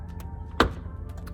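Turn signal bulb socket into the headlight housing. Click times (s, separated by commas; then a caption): 0.6 s. A plastic turn signal bulb socket is twisted into the headlight housing and locks in with one sharp click at 0.6 s, set against a faint low hum and a couple of soft ticks. The click means the socket is seated back in place.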